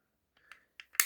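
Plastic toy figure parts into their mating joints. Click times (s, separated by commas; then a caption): 1.0 s. Plastic parts of an SS 86 Grimlock transforming robot toy figure are lined up and pressed together into their mating joints, giving a few faint taps and clicks around 0.5, 0.8 and 0.95 seconds. A loud, sharp click comes at 1.0 s as the parts snap into place and are seated.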